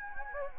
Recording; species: mosquito wingbeat signal from an infrared sensor; Anopheles gambiae